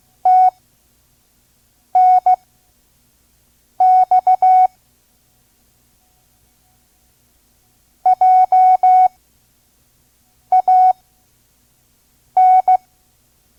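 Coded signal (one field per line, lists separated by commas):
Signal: Morse code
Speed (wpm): 16 wpm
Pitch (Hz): 740 Hz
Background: none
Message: TNX JAN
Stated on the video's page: Vintage ARRL Morse course, listen-and-learn lesson at 5 words per minute.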